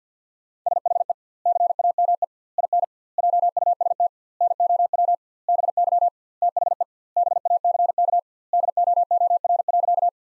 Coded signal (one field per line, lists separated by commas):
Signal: Morse code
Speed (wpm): 50 wpm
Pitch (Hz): 700 Hz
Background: none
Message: SHE CAME IN JUST NOW BY THE BACK DOOR.